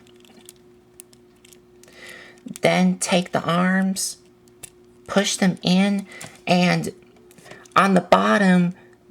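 During transformation of a plastic Transformers Missing Link Bumblebee robot toy, the legs are pushed into the body until they lock into place, with a sharp click at 1.0 s among several light plastic taps. Someone then talks, and the legs are locked into place.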